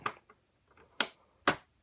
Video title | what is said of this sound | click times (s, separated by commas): Playmobil Scooby Doo – 70361 Adventure In The Mystery Mansion Playset Review | so you should have heard that snap into place | 1.0 s, 1.5 s